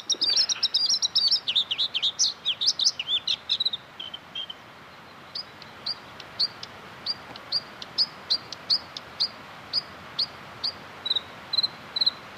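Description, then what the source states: Bluethroat song: a quick run of varied, buzzy and twittering high phrases, then clear single high notes repeated about every half second. Recorded in Inari.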